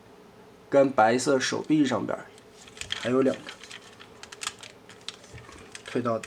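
A plastic arm or wheel part of a DX9 transforming robot toy is pushed down into the toy's car-mode body while the toy is being folded into car mode. Someone talks at the start and end, with short plastic handling clicks and taps in between. The clip ends before the part goes home, so nothing has seated or clicked into place yet.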